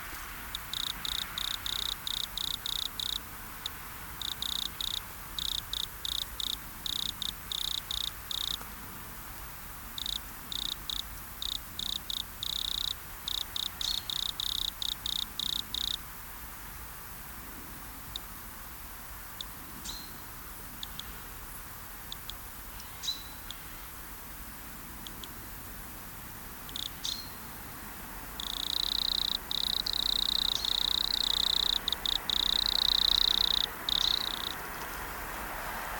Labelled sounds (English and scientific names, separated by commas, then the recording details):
Wood Cricket (Nemobius sylvestris) stridulation
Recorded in the wild
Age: imago
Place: Treuchtlingen, Heumöderntal, Bayern, DE
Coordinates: 48.96, 10.91
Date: 1993-09-02 10:54
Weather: sonnig 15,3° C
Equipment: Marantz CP 430, Sennheiser MKH 416 T, Kopie Uher Variocord 263
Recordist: Tembrock, Günter